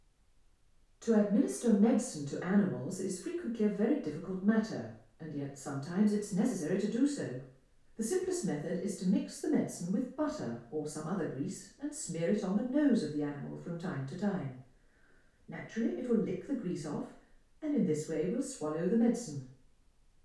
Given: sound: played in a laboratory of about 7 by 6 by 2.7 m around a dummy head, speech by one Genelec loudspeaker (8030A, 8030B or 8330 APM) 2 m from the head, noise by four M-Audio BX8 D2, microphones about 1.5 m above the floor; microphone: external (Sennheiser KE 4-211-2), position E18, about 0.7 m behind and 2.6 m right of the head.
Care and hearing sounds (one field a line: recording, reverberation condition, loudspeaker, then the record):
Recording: female speech in English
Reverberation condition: medium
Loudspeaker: behind (180 degrees)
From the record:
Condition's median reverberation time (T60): about 510 ms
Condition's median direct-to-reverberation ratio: about -0.5 dB